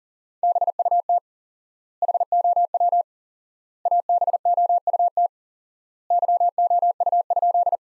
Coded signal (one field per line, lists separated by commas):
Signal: Morse code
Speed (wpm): 40 wpm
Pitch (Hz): 700 Hz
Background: none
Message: BUT HOW ABOUT YOU?